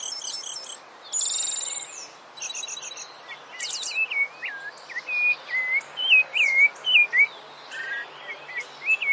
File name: canto do sabia laranjeira